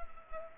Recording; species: mosquito wingbeat signal from an infrared sensor; Culex pipiens